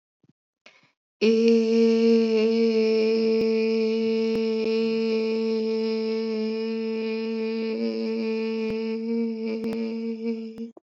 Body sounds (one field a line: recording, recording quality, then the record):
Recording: sustained vowel as in made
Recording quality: excellent, no background noise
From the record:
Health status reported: COVID-19 positive, mild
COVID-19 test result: positive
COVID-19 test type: RT-PCR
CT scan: not taken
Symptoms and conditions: sore throat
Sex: female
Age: 24 years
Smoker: no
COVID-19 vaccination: both doses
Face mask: not worn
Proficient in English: yes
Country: India